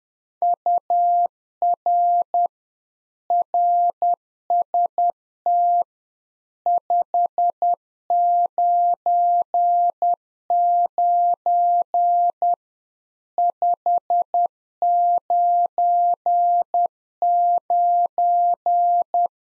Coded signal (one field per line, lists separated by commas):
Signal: Morse code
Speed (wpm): 10 wpm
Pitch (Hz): 700 Hz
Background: none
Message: UR RST 599 599